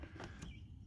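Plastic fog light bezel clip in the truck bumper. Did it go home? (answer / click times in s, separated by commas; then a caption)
released / 0.2 s, 0.4 s. Prying on the other side of a plastic fog light bezel in a GMC Sierra truck bumper, during a Morimoto XB LED projector fog light install, releases the second bezel clip. Short clicks are heard at 0.2 s and 0.4 s over a low background rumble. The clip releases and the bezel pops out.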